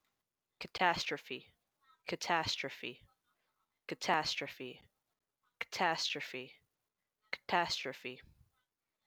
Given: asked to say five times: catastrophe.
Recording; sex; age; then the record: repeated word; female; 20 to 29 years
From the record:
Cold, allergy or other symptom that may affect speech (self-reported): no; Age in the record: 24 years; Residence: New York, United States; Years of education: 12